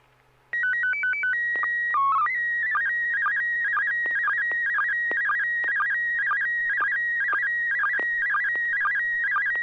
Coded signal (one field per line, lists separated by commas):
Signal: SSTV (slow-scan television)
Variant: PD 120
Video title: N6NA SSTV Net - 06/07/2023